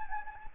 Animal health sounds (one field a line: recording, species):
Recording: mosquito wingbeat signal from an infrared sensor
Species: Anopheles gambiae